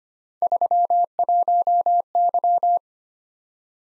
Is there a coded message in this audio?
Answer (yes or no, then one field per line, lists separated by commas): yes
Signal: Morse code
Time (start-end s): 0.4-2.8 s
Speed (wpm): 25 wpm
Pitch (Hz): 700 Hz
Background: none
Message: 31Y